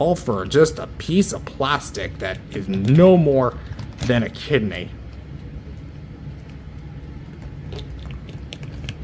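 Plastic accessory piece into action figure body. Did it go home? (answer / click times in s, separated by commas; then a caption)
no / none. Someone talks while handling a small plastic accessory piece being pushed onto a PVC/ABS Bandai Tamashii Nations S.H. MonsterArts Godzilla Ultima action figure. After the talking stops there is quiet handling, with a few brief sharp plastic ticks near 7.8, 8.5, 8.9 and 9.0 seconds. The piece has not seated or clicked into place yet.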